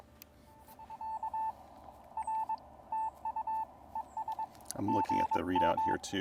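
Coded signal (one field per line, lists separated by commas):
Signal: Morse code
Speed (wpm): 22 wpm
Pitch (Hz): 880 Hz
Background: speech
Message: K R TU ES GM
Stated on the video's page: CW from a POTA park activation with a Xiegu X6200, Begali Traveler key, and 9:1 UNUN random wire antenna.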